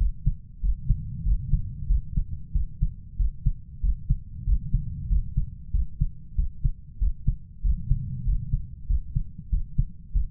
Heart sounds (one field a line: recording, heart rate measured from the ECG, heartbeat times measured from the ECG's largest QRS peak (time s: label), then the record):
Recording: heart sounds by stethoscope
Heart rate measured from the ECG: 95 bpm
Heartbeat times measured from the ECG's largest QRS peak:
0.63 s: heartbeat
1.26 s: heartbeat
1.89 s: heartbeat
2.55 s: heartbeat
3.19 s: heartbeat
3.83 s: heartbeat
4.47 s: heartbeat
5.10 s: heartbeat
5.74 s: heartbeat
6.38 s: heartbeat
7.01 s: heartbeat
7.64 s: heartbeat
8.27 s: heartbeat
8.89 s: heartbeat
9.52 s: heartbeat
10.15 s: heartbeat
From the record:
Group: healthy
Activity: rest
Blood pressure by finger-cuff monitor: 144/75 mmHg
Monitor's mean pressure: 99 mmHg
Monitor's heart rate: 95 bpm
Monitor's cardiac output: 8 L/min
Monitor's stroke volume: 84 mL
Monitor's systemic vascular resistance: 920 dyn s/cm5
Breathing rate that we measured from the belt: 18 breaths a minute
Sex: male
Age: 21 years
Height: 175 cm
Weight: 72.6 kg